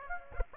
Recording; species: mosquito wingbeat signal from an infrared sensor; Aedes aegypti